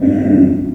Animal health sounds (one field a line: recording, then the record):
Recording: squeal of a Yucatan mini pig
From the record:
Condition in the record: after surgery on the right vocal fold (resection and tissue-engineered implant)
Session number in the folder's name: 4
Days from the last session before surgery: 26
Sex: female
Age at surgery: 19 weeks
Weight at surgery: 25 kg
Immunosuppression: prednisolone